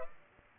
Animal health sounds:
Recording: mosquito wingbeat signal from an infrared sensor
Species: Culex pipiens

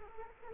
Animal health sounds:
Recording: mosquito wingbeat signal from an infrared sensor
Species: Culex quinquefasciatus

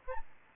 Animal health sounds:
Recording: mosquito wingbeat signal from an infrared sensor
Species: Aedes albopictus

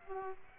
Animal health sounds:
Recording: mosquito wingbeat signal from an infrared sensor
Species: Aedes aegypti

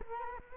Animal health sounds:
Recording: mosquito wingbeat signal from an infrared sensor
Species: Culex quinquefasciatus

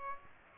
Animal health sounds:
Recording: mosquito wingbeat signal from an infrared sensor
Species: Aedes aegypti

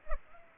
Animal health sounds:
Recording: mosquito wingbeat signal from an infrared sensor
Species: Culex pipiens

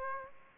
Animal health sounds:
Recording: mosquito wingbeat signal from an infrared sensor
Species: Aedes aegypti

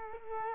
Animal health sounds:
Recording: mosquito wingbeat signal from an infrared sensor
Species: Culex quinquefasciatus

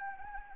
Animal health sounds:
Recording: mosquito wingbeat signal from an infrared sensor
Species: Anopheles arabiensis

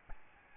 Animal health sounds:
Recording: mosquito wingbeat signal from an infrared sensor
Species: Aedes albopictus

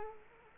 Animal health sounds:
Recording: mosquito wingbeat signal from an infrared sensor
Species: Culex quinquefasciatus

